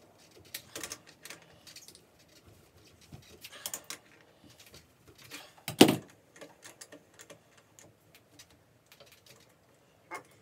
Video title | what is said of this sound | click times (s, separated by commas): GT Aggressor Pro 1x10 conversion using Microshift Advent X components. Action crank set. | job so this crank arm is stripped out okay plan b so the | 5.8 s